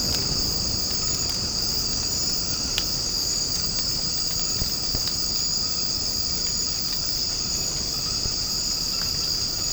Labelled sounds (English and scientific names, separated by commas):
none